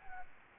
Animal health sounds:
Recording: mosquito wingbeat signal from an infrared sensor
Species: Anopheles gambiae

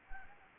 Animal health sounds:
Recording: mosquito wingbeat signal from an infrared sensor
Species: Anopheles gambiae

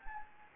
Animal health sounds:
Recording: mosquito wingbeat signal from an infrared sensor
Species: Anopheles gambiae

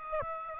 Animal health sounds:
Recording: mosquito wingbeat signal from an infrared sensor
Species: Aedes aegypti

